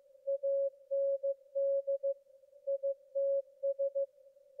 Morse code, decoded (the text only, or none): AND ITS